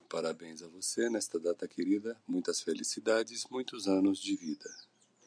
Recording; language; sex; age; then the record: short text; Brazilian Portuguese; male; 50 to 59 years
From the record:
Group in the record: control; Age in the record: 56 years